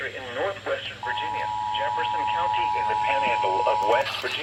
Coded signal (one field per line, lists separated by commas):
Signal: Emergency Alert System (SAME) tones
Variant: 853 and 960 Hz attention tone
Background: speech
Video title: End Of August with a bang. | EAS Alerts 8/31/24 |EAS# 1,496-1,517